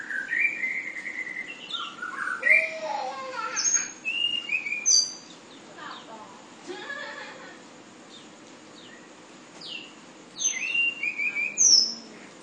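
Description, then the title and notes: Tledekan song: varied clear whistles, some rising, some falling, and high thin slurs in bursts, pausing midway, over a steady high insect-like hiss. Individual bird named Ababil, from Kudus; song style called sulingan. "Tledekan/Sulingan ABABIL. Suara Burung Tledekan Ababil dari Kudus"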